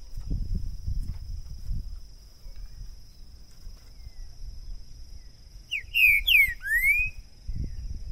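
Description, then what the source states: Green-winged saltator: a short, loud phrase of slurred whistles, the last one rising, after several seconds of low rumbling background noise, which returns afterwards. Used to warm up a bird for singing competition; two birds taken into the woods; calling, singing and male territorial display (macheando); 2022.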